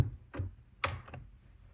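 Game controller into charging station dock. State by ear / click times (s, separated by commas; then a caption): seated / 0.8 s. A game controller is set onto an official PlayStation charging station and clicks into its charging contacts, with a soft contact sound near 0.4 s before a sharp, satisfying click at 0.8 s and two faint ticks just after 1.1 s. The controller is seated in the dock.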